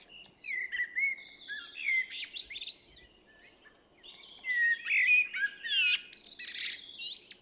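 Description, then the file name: Common blackbird giving two mellow whistled phrases, each tailing into thin high squeaks. "Turdus merula"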